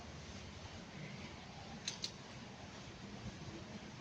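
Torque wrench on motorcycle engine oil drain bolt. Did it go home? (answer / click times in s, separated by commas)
yes / 1.9 s, 2.0 s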